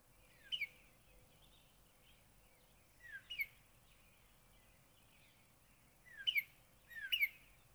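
Northern cardinal: a few short sharp notes, mostly in pairs, repeated at intervals over a steady background hiss.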